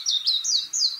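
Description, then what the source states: Warbling white-eye song: four quick, high, down-slurred notes strung together in a brief twittering phrase. Recorded on the Senami coast, Niigata Prefecture, Japan.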